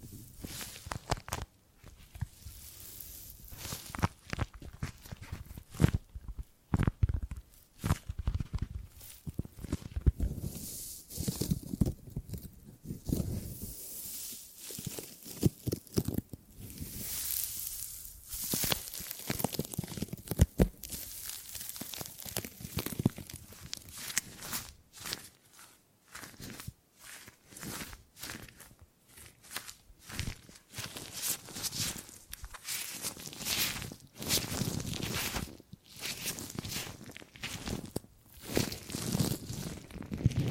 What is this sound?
Gripping and Grabbing Sounds